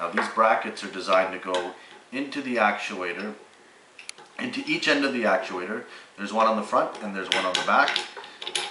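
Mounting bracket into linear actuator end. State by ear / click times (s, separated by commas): not seated / none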